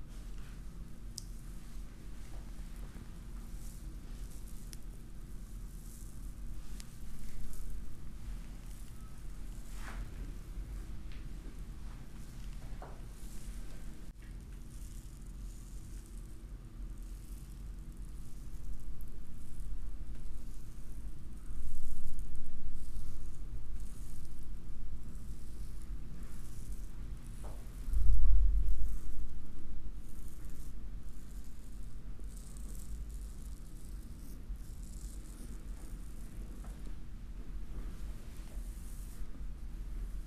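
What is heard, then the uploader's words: A head massage: soft continuous rubbing and rustling over a steady low hum, growing louder after twenty seconds, with a brief thump near twenty-eight seconds. Head massage.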